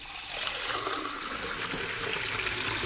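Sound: water running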